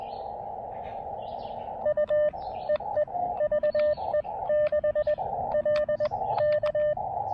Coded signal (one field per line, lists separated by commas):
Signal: Morse code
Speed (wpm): 21 wpm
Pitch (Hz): 600 Hz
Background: radio noise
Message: U EE VE6 L K